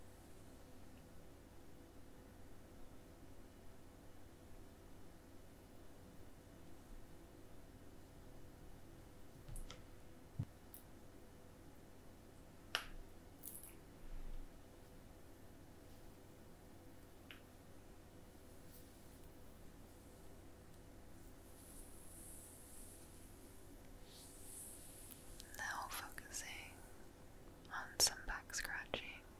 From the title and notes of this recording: ASMR Cozy back scratch & hair play.